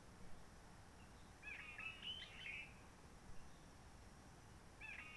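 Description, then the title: One warbled Réunion bulbul phrase of squeaky notes, followed by the start of another as the sound cuts off, over soft hiss. Roche Merveilleuse, Réunion; quiet forest, sunny blue sky, since 19 March 2020 lockdown without visitors, microlights or helicopters; birds not very active; bulbul sings simpler short phrases, habit from enduring aircraft noise. "Roche Merveilleuse, Réunion - Merle de lîle de la Réunion."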